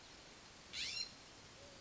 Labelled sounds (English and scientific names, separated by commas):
California Scrub-Jay (Aphelocoma californica)